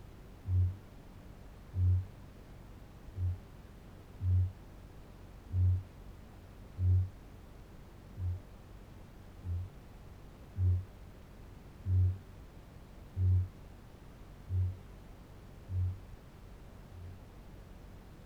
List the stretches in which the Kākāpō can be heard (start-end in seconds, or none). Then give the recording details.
0.20-16.21, 16.75-17.37. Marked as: faintness 2/5, faintness 5/5. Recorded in New Zealand. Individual Barnard